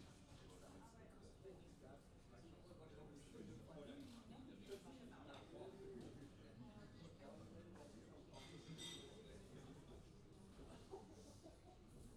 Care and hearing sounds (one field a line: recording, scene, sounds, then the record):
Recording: everyday scene through a hearing-aid microphone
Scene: many people talking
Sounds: many voices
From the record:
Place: university cafeteria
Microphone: in the ear canal, left